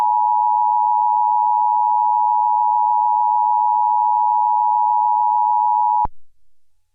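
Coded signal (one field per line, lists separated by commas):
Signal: Emergency Alert System (SAME) tones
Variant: 853 and 960 Hz attention tone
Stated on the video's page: Mock EAS alert built on a phone with an EAS builder app; SAME, attention and EOM tones taken from existing recordings, made for analog horror scenarios.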